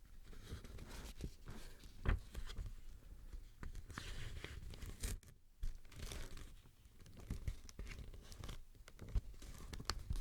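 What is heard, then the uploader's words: An unboxing of a microphone, full of crisp crinkling and tearing of packaging that runs almost without pause. Sharp clicks and handling knocks punctuate it, with a strong low thump near two seconds and a brief hush around five and a half seconds. Crisp and Bassy Microphone Unboxing. No Talking.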